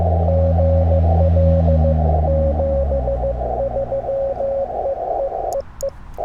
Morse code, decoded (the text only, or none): GL 73 EEEE